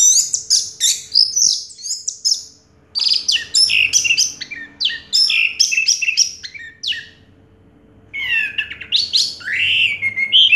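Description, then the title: Orange-headed thrush song: dense, scratchy, high warbling phrases with clear whistled slurs, broken by short pauses; a faint hum in the background. Call used to prompt a silent orange-headed thrush to sing. "Anis Merah Macet.. Pancing Dengan Suara Ini.. # Anis Merah"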